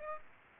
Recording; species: mosquito wingbeat signal from an infrared sensor; Aedes aegypti